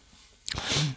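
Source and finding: Adult. Sneeze.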